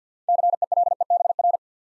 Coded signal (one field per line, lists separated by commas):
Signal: Morse code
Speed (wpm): 50 wpm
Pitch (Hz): 700 Hz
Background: none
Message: CELEBR